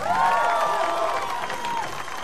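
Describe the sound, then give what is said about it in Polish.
An audience at a live band concert on Polish Radio Trójka claps steadily and loudly as band members are introduced, while cheers and a few long, high whoops ring out over the dense patter, the whole noise easing slightly toward the end. “Sample głos, wielkie brawo.”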